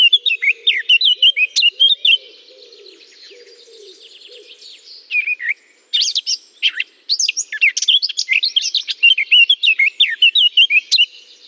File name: chant de fauvette a tete noire dans houx